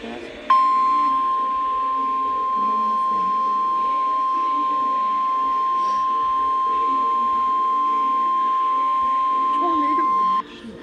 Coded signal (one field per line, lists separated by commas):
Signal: Emergency Alert System (SAME) tones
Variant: 1050 Hz attention tone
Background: speech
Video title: EAS #34 Tornado Watch